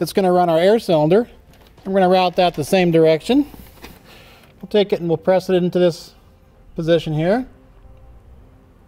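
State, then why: Not seated. A quarter-inch plastic air line for the brake air cylinder of an SMI Stay-IN-Play DUO braking system, being installed in a 2015 Jeep Wrangler Unlimited, is handled and routed toward its push-to-connect fitting while someone talks in bursts with quiet gaps between. Nothing has seated or clicked yet by the end of the clip.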